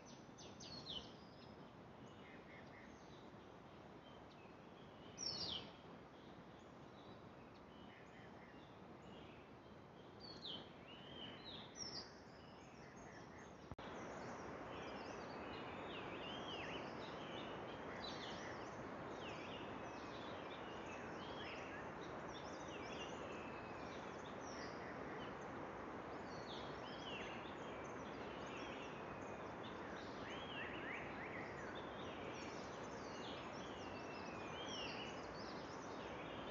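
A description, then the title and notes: A Garhwal Himalayas soundscape: bird calls and quick chirps come and go throughout over a steady, rushing hiss. Near fourteen seconds the hiss abruptly grows louder and fuller and holds there, with a few brief knocks heard earlier around five and eleven seconds. Sound of the Garhwal Himalayas.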